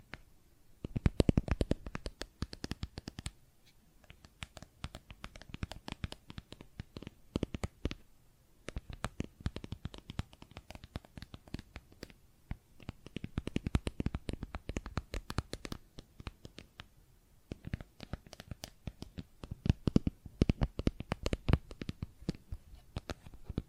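Plastic objects are tapped and scratched in dense, irregular bursts of sharp clicks and rasping scrapes. The activity comes in clusters a few seconds long, separated by brief quieter gaps near 3, 8, 12 and 17 seconds. The sounds are crisp and bright, with some duller knocks underneath.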